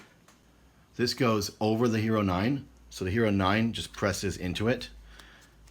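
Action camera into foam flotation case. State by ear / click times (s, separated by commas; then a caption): seated / 5.2 s. A GoPro Hero 9 Black action camera is pressed into its snug, firm foam floating case while someone talks. A short, faint click is heard at 5.2 s as the camera snaps firmly into place.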